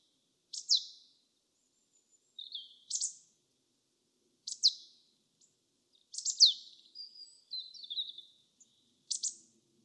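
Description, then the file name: Marsh tit giving explosive, high-pitched chipping notes, single or doubled, mixed with brief thin buzzy trills, repeated every second or two. "Poecile palustris"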